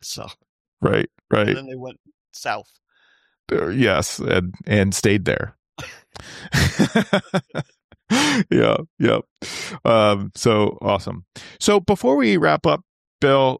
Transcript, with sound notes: So right, right. Then they went south, yes, and, and stayed there. [Laughter.] Yeah, yep. So awesome. So before we wrap up, Bill,